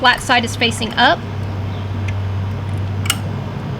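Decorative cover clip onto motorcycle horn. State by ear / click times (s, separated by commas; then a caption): seated / 3.1 s. The second decorative cover clip at the bottom of a motorcycle horn cover is pushed into place with its flat side facing up while someone talks over a steady low hum. A faint tap comes at 2.1 seconds, then a sharp snap at 3.1 seconds as the clip seats.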